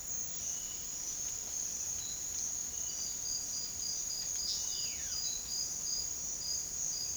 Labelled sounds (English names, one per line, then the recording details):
White-cheeked Antbird
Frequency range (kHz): White-cheeked Antbird 0.9-4.4 kHz
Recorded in dense forest near Puerto Asís, Putumayo, Colombia, on 18 February 2024 at 08:00
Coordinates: 0.500, -76.322
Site G6465